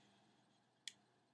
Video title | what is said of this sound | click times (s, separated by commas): Kanger subtank review | don't know again if you can hear it, but it locks into place. | 0.9 s